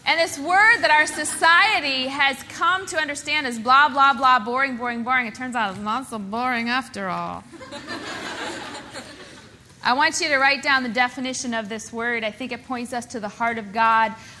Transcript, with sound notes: This word that our society had come to understand as “blah, blah, blah, boring, boring, boring,” it turns out it’s not so boring after all. (laughter) I want you to write down the definition of this word. I think it points us to the heart of God